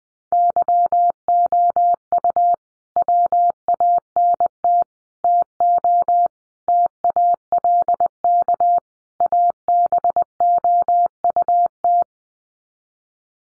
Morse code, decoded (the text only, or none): YOU WANT TO TALK ABOUT